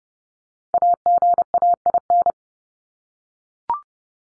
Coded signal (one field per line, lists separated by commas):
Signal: Morse code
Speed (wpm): 30 wpm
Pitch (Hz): 700 Hz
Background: none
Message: AGAIN